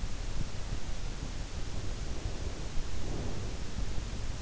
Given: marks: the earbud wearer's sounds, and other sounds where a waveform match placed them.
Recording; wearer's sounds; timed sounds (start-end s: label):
sounds in sleep by an in-ear microphone; breath
1.72-3.51 s: breath